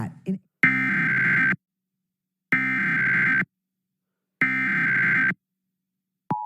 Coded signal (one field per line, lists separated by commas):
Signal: Emergency Alert System (SAME) tones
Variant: header bursts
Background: speech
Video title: EAS 200!!!!: Required Monthly Test for September 2023 (Pennsylvainia)